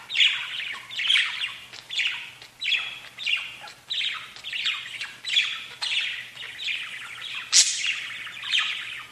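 Budgerigar calls, raspy chirping bursts repeated many times, with a sharp high squeak near the end.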